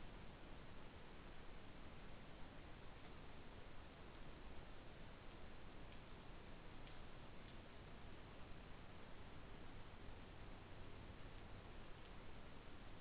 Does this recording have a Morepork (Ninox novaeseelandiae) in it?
no